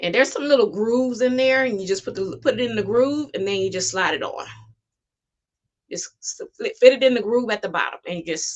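A replacement plastic chip clip is fitted into the groove at the bottom of a refillable ink cartridge for an Epson WorkForce 7310 printer and is being slid on. Someone talks throughout, with a pause near the middle. Nothing has seated or clicked yet.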